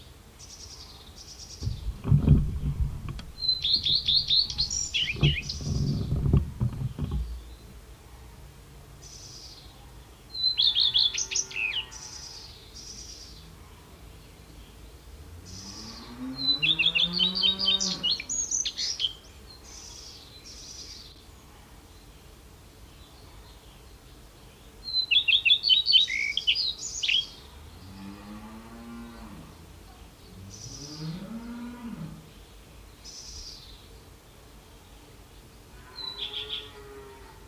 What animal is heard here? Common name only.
Common Redstart